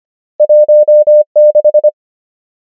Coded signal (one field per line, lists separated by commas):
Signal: Morse code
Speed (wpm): 25 wpm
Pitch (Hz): 600 Hz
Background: none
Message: 1 6